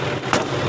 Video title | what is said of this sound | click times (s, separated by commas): aambal toin locking system | பாருங்கள், நூல் lock ஆகிடுச்சு. | 0.3 s